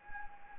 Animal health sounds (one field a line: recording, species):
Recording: mosquito wingbeat signal from an infrared sensor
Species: Anopheles gambiae